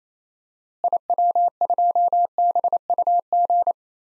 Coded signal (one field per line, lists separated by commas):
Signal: Morse code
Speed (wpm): 28 wpm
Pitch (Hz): 700 Hz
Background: none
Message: IW2BUG